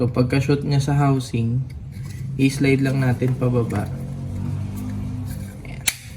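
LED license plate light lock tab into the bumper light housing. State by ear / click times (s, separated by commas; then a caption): seated / 5.9 s. On a 2015 Toyota Wigo, the plastic lock tab of an LED license plate light is inserted into the hole in the bumper light housing and slid down while someone talks. A sharp snap at 5.9 s marks the tab locking into the housing, leaving the light seated.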